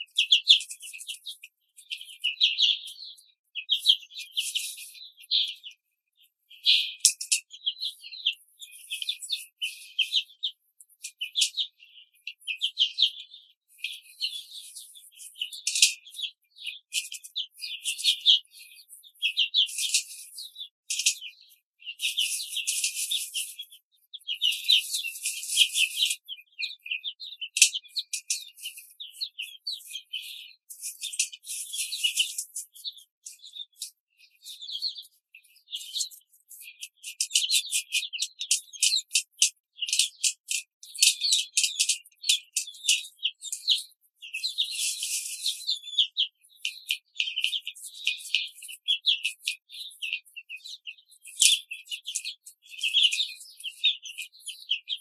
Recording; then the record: young laying hens in a cage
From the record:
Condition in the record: control cage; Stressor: none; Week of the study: 5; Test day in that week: 1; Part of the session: 3